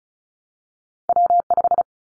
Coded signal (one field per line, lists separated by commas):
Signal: Morse code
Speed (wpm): 36 wpm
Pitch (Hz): 700 Hz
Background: none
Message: W5